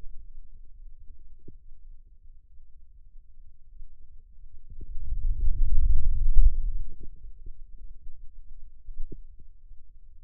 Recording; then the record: forearm muscle sounds (acoustic myography)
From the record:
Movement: wrist extension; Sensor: system 2, bracelet of six BSWA MPA416 microphones around the upper forearm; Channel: 1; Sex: male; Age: 22 years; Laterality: right